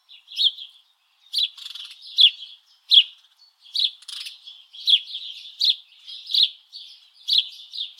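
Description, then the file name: House sparrow calls: a run of loud, clipped chirps with softer twittering between them. "Passer domesticus"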